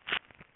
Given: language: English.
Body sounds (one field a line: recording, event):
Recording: throat vibration sensor signal played as sound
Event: swallow